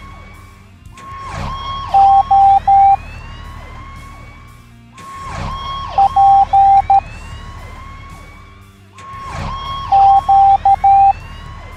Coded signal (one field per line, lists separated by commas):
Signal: Morse code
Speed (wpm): 13 wpm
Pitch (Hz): 790 Hz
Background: none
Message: O P Q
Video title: Monster Fire Trucks Teaching the Morse Code Alphabet Educational Video for Kids